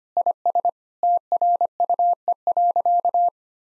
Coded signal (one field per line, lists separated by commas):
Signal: Morse code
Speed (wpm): 25 wpm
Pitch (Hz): 700 Hz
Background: none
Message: IS TRUE.